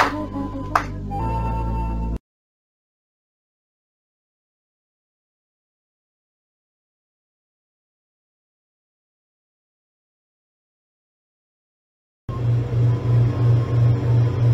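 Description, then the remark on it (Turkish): A noisy washing machine churns with a loud, steady rhythmic rumble and thumping pulses, arriving after a brief burst of sound and a long stretch of silence. “Çamaşır makinesi de çok gürültülü çalışıyor.”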